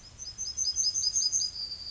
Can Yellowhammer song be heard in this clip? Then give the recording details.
yes. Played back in grassland. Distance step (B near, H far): D. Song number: 059